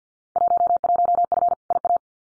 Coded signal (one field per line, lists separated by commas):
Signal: Morse code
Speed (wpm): 50 wpm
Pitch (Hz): 700 Hz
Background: none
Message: 11F IA